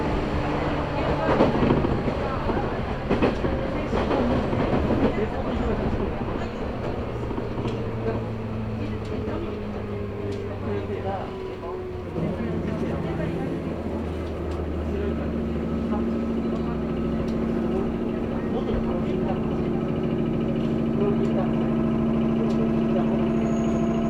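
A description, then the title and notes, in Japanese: A local train on the Chuo East Line runs on with a steady, dense rumble and rattle. Whining motor tones slide and shift in pitch, settling into a long even hum after the midpoint, with voices heard over the noise early on. 中央東線 普通 韮崎→東山梨。韮崎を出てもまだ下り続けて甲府盆地に入ります。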